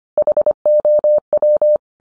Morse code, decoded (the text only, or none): HOW